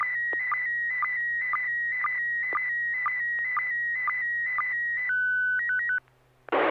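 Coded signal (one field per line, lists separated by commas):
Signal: SSTV (slow-scan television)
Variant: PD120 mode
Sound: steady high whine with rhythmic clicks twice a second, then stepping tones, squelch burst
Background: low hum, squelch noise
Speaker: I am. This is N6PGQ, and this is supposed to be PD 120.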